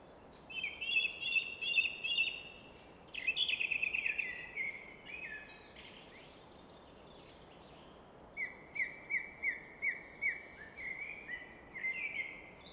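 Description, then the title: Common nightingale song with a fast trill, a buzzy phrase, then a slow series of repeated notes, steady rushing noise beneath. Evening in Fläsch, Switzerland; rushing of the Rhine reflected off a rock face in the background; recorded with Fostex FR2 and MKH 800. "Fläsch, Schweiz - Abendstimmung Nachtigall"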